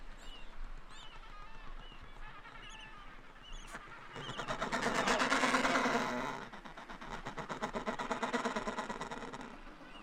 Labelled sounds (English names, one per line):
Adelie Penguin call